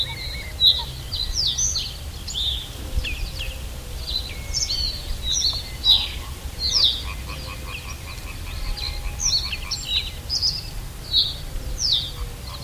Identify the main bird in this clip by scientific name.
Emberiza schoeniclus